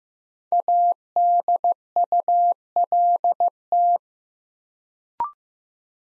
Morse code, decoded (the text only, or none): ADULT